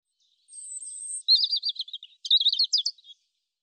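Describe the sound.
European robin song: a sustained high thin note followed by rapid, tumbling, twittering notes and a short trill, one continuous phrase.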